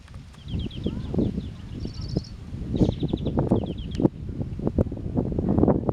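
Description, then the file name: European greenfinch twitters in short fast trills, with a higher rapid series partway through, all against loud gusty wind noise and rustling. "Chloris chloris"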